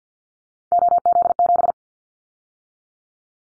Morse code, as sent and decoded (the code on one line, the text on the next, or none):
--- --.. --...
OZ7